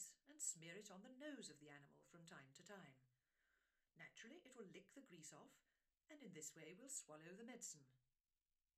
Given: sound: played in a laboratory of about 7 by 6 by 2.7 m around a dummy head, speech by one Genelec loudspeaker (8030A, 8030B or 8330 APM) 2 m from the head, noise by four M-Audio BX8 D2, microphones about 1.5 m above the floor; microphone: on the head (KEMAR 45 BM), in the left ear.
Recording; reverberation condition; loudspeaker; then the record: female speech in English; low; 120 degrees to the left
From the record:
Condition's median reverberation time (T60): about 310 ms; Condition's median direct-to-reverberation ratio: about 3.5 dB